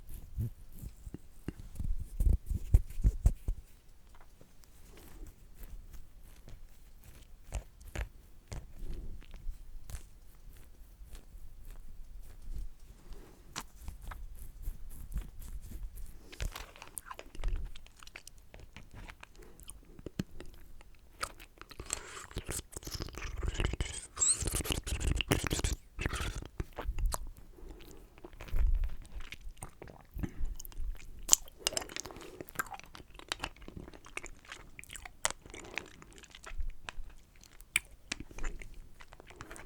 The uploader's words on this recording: ASMR Lollipop & Mouth Sounds.